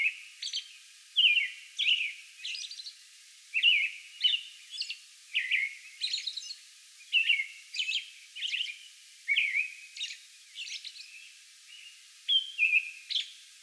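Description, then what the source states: American robin song, rapid run of caroling whistled phrases interspersed with sharp high thin notes, continuing without a break throughout. Recorded May 11; a bout of song.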